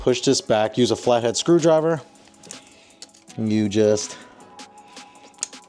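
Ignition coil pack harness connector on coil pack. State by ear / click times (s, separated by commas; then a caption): released / 5.4 s. On a 2006-2010 Mercedes ML 350 W164, someone talks while using a flathead screwdriver to push back the small gray plastic locking tab on the ignition coil pack harness connector, with light scrapes and taps from about 2.3 to 3.0 s. A sharp click at 5.4 s is the tab popping open, releasing the connector so it can be unplugged from the coil pack.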